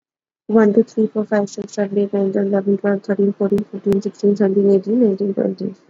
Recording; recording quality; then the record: counting at a fast pace; moderate, slight background noise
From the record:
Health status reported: exposed to COVID-19, no respiratory illness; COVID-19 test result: not tested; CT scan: not taken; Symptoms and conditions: cough, cold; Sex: female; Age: 18 years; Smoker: yes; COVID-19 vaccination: both doses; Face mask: worn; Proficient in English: yes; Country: India